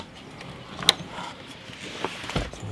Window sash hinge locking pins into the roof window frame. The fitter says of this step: wir klappen das jetzt einmal um dann springen die wieder raus und dann ist eingerastet okay